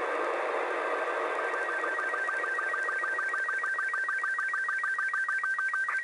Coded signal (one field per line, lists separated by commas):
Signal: SSTV (slow-scan television)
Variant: Robot 36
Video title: SSTV being recieved from the ISS